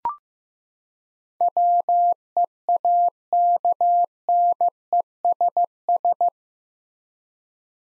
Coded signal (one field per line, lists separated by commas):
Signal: Morse code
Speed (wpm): 15 wpm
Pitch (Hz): 700 Hz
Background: none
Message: WEAKNESS